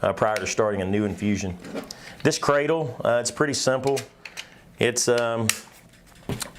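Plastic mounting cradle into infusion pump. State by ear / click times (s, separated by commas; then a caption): seated / 6.4 s. Someone talks while a spring-loaded plastic mounting cradle is fitted onto an Eitan Sapphire Multi-Therapy infusion pump. A sharp click at 6.4 s marks the cradle snapping into place, seated on the pump; it is spring-loaded to allow different mounting options such as an IV pole or a stretcher arm.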